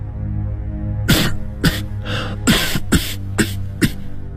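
A violent coughing fit: around seven harsh, explosive coughs burst out in quick, uneven succession, loud against a low steady hum, with no talking.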